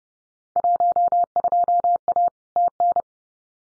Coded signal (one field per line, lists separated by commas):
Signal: Morse code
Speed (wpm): 30 wpm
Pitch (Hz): 700 Hz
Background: none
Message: 12A TN